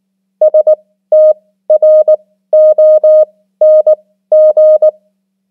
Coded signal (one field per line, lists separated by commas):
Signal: Morse code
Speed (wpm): 19 wpm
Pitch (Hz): 620 Hz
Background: none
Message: STRONG